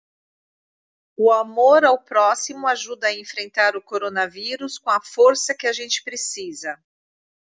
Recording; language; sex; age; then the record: spoken sentence; Brazilian Portuguese; female; 50 to 59 years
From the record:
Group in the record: control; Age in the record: 58 years